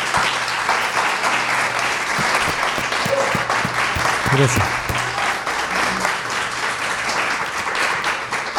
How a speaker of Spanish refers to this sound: Y bueno, darle la bienvenida, así nomás. Le pedimos un fuerte aplauso